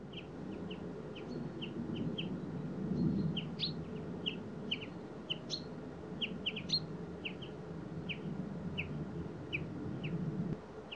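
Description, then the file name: Common chaffinch calls: short, sharp notes repeated rapidly, several a second, over a steady low rumble. "Fringilla coelebs"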